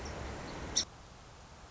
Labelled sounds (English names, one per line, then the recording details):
Song Sparrow
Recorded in Sonoma County, California